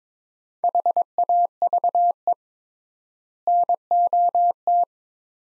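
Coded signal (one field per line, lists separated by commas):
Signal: Morse code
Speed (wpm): 22 wpm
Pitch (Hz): 700 Hz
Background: none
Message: HAVE NOT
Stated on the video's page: Morse practice at 22 wpm: sets of five words with 3x standard word spacing, a word-level Farnsworth-style method; each set is sent, spoken, then sent again.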